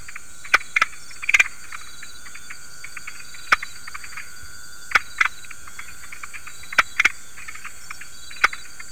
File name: Leptopelis viridis